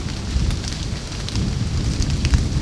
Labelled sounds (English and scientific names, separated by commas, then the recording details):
none
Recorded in secondary vegetation near Puerto Asís, Putumayo, Colombia, on 9 March 2025 at 12:00
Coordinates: 0.481, -76.318
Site G097